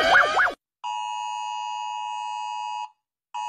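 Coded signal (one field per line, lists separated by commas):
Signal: Emergency Alert System (SAME) tones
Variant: 853 and 960 Hz attention tone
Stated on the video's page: Rating of EAS alarms from around the world; the German alarm shown is not the real one.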